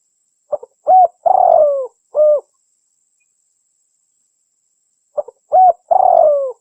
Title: SUARA BURUNG DERKUKU MASTERAN BURUNG SUARA DERKUKU KUALITAS JERNIH Vubey